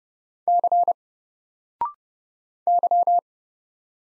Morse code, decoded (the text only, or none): C Y